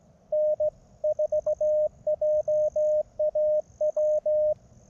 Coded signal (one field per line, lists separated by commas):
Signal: Morse code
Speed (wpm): 17 wpm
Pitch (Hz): 610 Hz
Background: none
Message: N4JAW